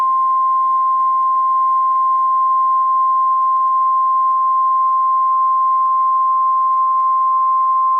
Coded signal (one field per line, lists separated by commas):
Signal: Emergency Alert System (SAME) tones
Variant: 1050 Hz attention tone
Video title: EAS #676: Tornado Warning (5/19/2013)